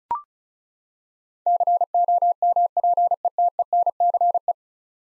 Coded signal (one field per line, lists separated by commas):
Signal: Morse code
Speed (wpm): 36 wpm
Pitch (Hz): 700 Hz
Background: none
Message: COMPETENCE